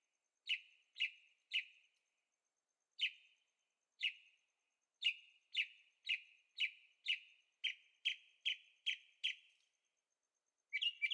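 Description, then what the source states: Bird chirps: sharp, descending notes, sometimes singly, sometimes in quick runs, about once a second, ending with a rapid cluster, in otherwise silent surroundings. Birds singing at night in Carefree, Arizona; recorded with a Zoom H6 and stereo microphones.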